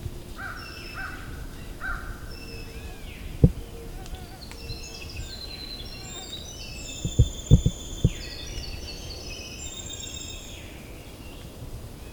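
Valens Lake in June: a steady low rumble runs under a busy chorus of high bird whistles and chirps that layer over one another for the whole stretch. A few sharp knocks land near 3 seconds and again around 7 to 8 seconds.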